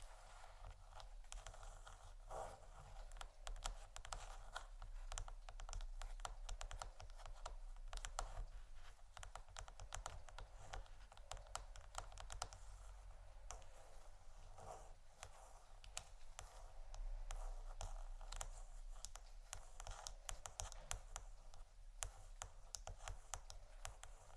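Scratching and tapping go on without pause for the whole stretch: a dense run of quick, dry clicks and rasps, irregular but never stopping, sounding a lot like fast typing. Loudness stays fairly even throughout, over a steady low hum underneath.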